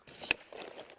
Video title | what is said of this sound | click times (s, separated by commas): Kakadu Fast Frame 3 Tent | pull that till it clicks | 0.3 s